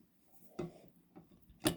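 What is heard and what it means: A Schaller Master Tune removable vibrola (tremolo) unit is pushed by hand into its keyed, flat-sided cavity in a guitar body. A soft knock at 0.6 s and a faint tap near 1.2 s come before a sharp, bright click at 1.7 s. The unit is seated with a very firm, tight fit, though it is not in its intended rotational position.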